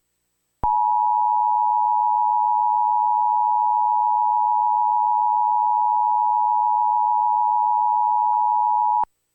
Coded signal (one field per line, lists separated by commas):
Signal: Emergency Alert System (SAME) tones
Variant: 853 and 960 Hz attention tone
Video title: EAS #55 - Severe Thunderstorm Warning for central Tennessee